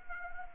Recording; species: mosquito wingbeat signal from an infrared sensor; Anopheles arabiensis